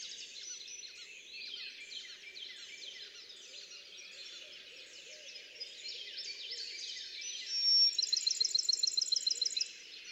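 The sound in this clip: Bachman's sparrow song: a whistle and then a rapid, evenly spaced trill near the end, above a busy chorus of other birds.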